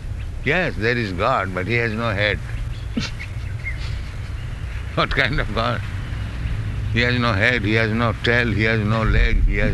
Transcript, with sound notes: "Yes, there is God, but He has no head." [chuckles] What kind of God? "He has no head. He has no tail, He has no leg, He has...